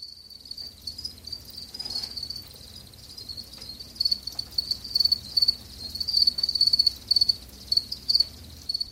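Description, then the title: House cricket song: shrill, high chirping in rapid repeated bursts, growing louder in the second half. "Viikon luontoääni: Kotisirkka"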